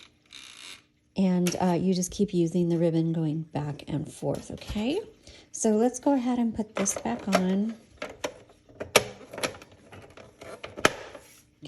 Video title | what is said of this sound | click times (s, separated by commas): EPISODE #645: 1960s Remington Bel-Air Travel Typewriter [typewriter tutorial] | so that snaps back in and load a piece of paper | 10.9 s